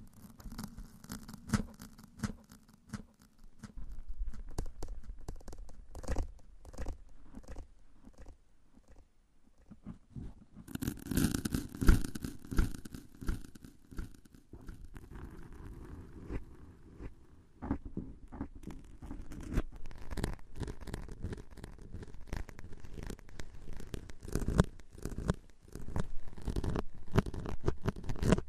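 Tapping and scratching sounds crackle in dense, irregular bursts, growing busier and louder around eleven seconds and again near the end.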